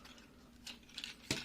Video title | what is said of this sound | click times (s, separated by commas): Transformers Legacy Commander Class Motormaster Review (13+) | and make sure you hear like a click as long as you do line up things correctly | 1.3 s